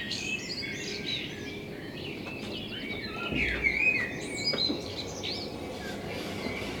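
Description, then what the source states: Common blackbird song, a warbled phrase midway among other chirps and a few clicks, over low background noise. Blackbird in front of the recordist's window; binaural recording with a self-built dummy head, intended for headphone listening.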